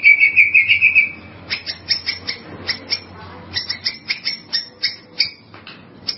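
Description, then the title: White-rumped shama song, a brief buzzy trill followed by many short two-toned chirps in quick succession. "murai batu"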